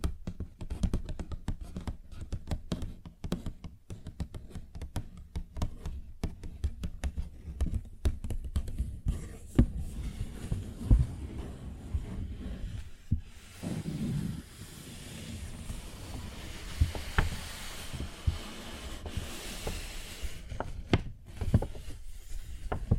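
Paper bag tapped and scratched in quick, dense bursts for the first thirteen seconds, then slower rustling and scraping with occasional sharper taps.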